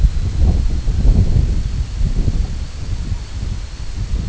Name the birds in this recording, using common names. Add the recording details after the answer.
none. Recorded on Arctic tundra, site IGLO-D, on 24 June 2018. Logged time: 10:00